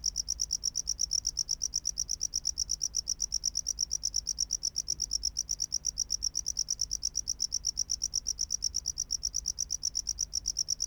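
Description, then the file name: Tropical house cricket song: a steady stream of short, high chirps repeated several times a second, with a faint low hum underneath. "Bio Acoustica Gryllodes sigillatus"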